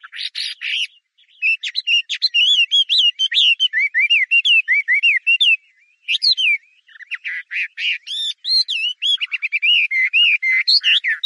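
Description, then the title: Chinese hwamei song of rapid, varied whistled phrases with sweeping up-and-down notes, broken by brief pauses near the start and middle. "画眉鸟的叫声"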